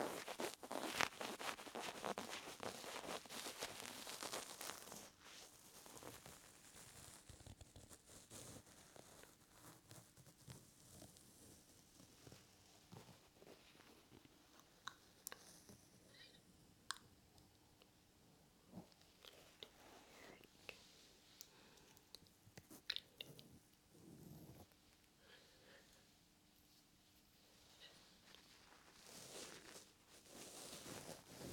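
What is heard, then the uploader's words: Dense rubbing and crinkling against a microphone, busiest in the first five seconds and again near the end, with scattered sharp taps. Ear Massage and Ear Cleaning.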